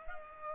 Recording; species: mosquito wingbeat signal from an infrared sensor; Culex pipiens